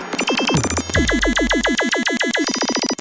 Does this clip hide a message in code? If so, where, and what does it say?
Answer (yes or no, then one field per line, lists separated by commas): no